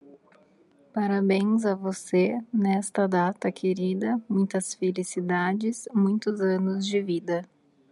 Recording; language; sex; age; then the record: short text; Brazilian Portuguese; female; 30 to 39 years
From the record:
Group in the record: control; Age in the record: 30 years